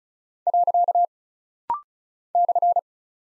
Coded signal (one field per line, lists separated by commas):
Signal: Morse code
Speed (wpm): 36 wpm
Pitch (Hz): 700 Hz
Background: none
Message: . /